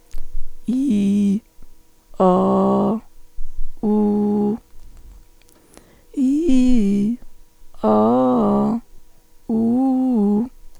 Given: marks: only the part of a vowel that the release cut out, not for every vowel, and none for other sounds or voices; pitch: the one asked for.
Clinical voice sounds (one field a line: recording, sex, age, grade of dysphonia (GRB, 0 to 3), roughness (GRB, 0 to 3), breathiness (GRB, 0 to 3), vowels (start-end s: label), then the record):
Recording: sustained vowels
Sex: female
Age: 50 to 59 years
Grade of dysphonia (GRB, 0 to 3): 2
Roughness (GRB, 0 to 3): 0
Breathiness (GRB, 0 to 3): 2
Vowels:
0.77-1.33 s: vowel /i/, low pitch
2.31-2.89 s: vowel /a/, low pitch
3.91-4.48 s: vowel /u/, low pitch
6.25-7.06 s: vowel /i/, low-high-low pitch
7.93-8.65 s: vowel /a/, low-high-low pitch
9.58-10.37 s: vowel /u/, low-high-low pitch
From the record:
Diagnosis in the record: functional dysphonia, psychogenic dysphonia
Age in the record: 53 years